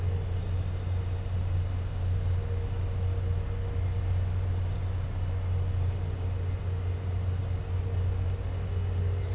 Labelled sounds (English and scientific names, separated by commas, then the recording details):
none
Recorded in dense forest near Puerto Asís, Putumayo, Colombia, on 4 March 2025 at 14:30
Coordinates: 0.468, -76.322
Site GP01